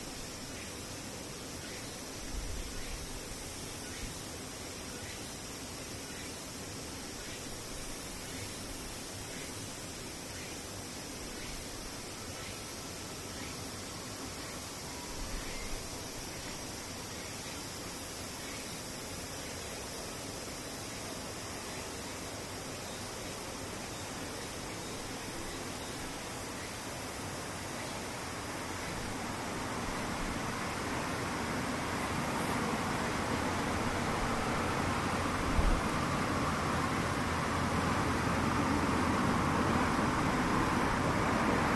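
Cicadas drone in a dense, unbroken hiss, with a bright high band that holds steady throughout and a faint pulsing texture early on. After about thirty seconds the chorus swells louder and fuller. A couple of soft low thumps occur near the start and around 35 seconds.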